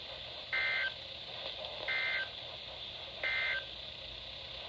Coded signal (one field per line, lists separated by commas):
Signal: Emergency Alert System (SAME) tones